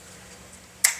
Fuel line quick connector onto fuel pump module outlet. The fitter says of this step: install the fuel line so you hear it click